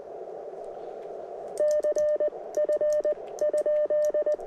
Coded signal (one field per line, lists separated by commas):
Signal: Morse code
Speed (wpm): 19 wpm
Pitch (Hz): 600 Hz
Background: radio noise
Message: CF?